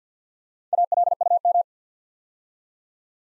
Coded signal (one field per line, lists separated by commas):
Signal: Morse code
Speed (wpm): 48 wpm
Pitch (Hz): 700 Hz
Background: none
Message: ALUM